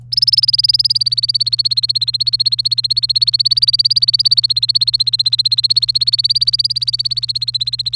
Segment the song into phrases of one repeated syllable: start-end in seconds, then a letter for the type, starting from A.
0.12-7.95 A